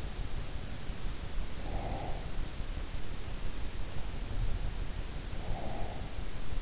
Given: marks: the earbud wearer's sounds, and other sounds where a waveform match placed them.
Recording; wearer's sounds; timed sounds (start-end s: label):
sounds in sleep by an in-ear microphone; breath
1.47-2.75 s: breath
4.03-6.41 s: sound from someone else or the room
5.06-6.41 s: breath